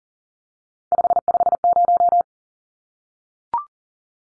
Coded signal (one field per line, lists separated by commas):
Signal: Morse code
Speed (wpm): 40 wpm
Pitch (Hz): 700 Hz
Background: none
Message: 550